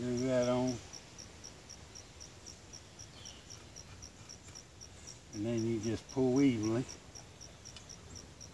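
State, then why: Not seated. A new rubber snap-in valve stem is being pulled into a wheel rim hole with a puller tool, but nothing has seated or clicked yet. Someone talks at the start and again from about 5.3 to 6.8 seconds, over a steady, rhythmic, high-pitched, cricket-like chirping. Faint soft ticks sound between about 2.2 and 4.6 seconds and again near the end.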